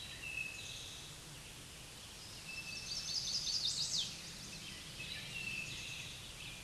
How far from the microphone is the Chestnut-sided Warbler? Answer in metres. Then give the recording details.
about 15 m. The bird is about 5 m above the microphone. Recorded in a Pennsylvania forest on 16 May 2024 at 07:00. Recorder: AudioMoth, point MSD-0178. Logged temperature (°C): 15.3 °C. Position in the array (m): 89 m, 68 m